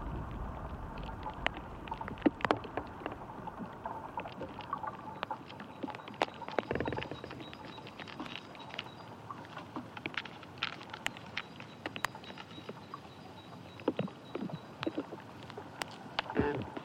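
Inside an ash tree, a dense bed of creaks, taps and sharp clicks crackles irregularly, with louder knocks near seven and seventeen seconds.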